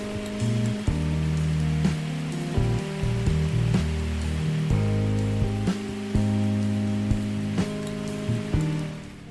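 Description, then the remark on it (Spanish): Steady rain patters and drips over mellow café-style jazz, with a walking bass line and warm sustained chords playing continuously underneath. No voices. It is a YouTube ambience video recreating a café on a rainy night with jazz music and rain sounds. “y lo que estáis escuchando es la música de fondo que estáis escuchando, es un vídeo de YouTube que se llama La atmósfera de una cafetería en un día lluvioso por la noche, música jazz y sonido de lluvia.”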